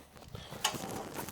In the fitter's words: and it snaps into place boom there we go